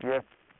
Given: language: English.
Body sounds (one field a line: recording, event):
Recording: throat vibration sensor signal played as sound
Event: speech